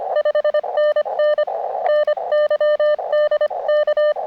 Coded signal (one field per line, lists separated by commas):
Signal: Morse code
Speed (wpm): 25 wpm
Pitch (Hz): 600 Hz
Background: none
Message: 5NN NYDK